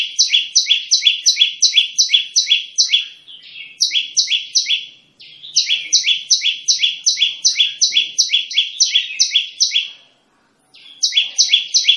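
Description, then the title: Olive-backed tailorbird song in several long runs of rapid, shrill paired notes, about three per second, with brief breaks between runs. Used as a tutor recording for training songbirds to sing; the song style is locally called tembakan. "Tembakan Prenjak Lumut Pikat Mantap Jadi Guru Vokal"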